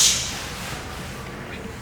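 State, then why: Not seated. Someone handles the snap lid on a plastic protein shaker bottle while closing it to show how well it seals. A brief hiss-like high-frequency burst at the start fades into low, quiet background noise. The lid has not snapped shut yet, and nothing has seated or clicked.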